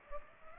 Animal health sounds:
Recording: mosquito wingbeat signal from an infrared sensor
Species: Culex pipiens

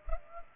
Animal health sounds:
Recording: mosquito wingbeat signal from an infrared sensor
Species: Culex pipiens

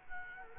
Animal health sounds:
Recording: mosquito wingbeat signal from an infrared sensor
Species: Culex quinquefasciatus

